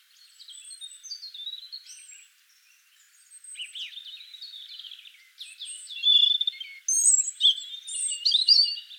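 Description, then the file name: European robin song of high thin whistles and descending warbles, growing louder toward the end with bright rapid twittering phrases. "Erithacus rubecula"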